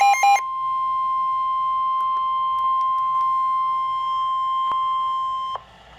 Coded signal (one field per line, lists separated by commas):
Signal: Emergency Alert System (SAME) tones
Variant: 1050 Hz attention tone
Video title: NOAA - Special Marine Warning (EAS #1,283)